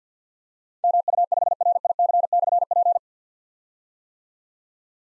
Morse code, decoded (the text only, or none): MU5RIC/P